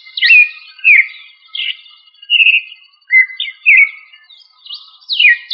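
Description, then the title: Thrush song, a few rich whistled phrases with slurred and falling notes separated by short gaps. "Familia Turdidae - Sabia"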